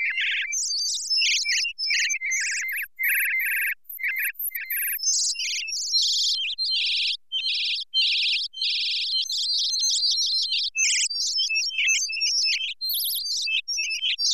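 Bird chirps, rapid warbling tweets in a steady, busy stream for about fourteen seconds with only brief lulls.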